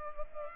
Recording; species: mosquito wingbeat signal from an infrared sensor; Culex pipiens